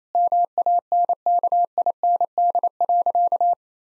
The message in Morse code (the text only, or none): MANKIND.